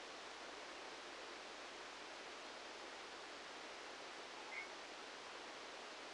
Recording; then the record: brain microelectrode recording played as sound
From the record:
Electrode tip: outside the subthalamic nucleus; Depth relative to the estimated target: -10 mm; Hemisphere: right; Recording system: NeuroSet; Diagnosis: Parkinson's disease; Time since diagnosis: 7 years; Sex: male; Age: 44 years